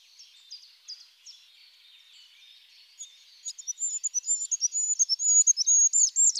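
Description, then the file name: Goldcrest song: a few faint high ticks, then a rapid, very high rhythmic phrase building in strength and ending in a brief flourish. Stereo recording. "ROITELET HUPPE"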